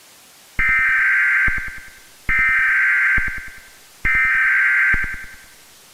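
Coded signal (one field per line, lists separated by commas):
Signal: Emergency Alert System (SAME) tones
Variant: header bursts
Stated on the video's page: Fictional EAS scenario.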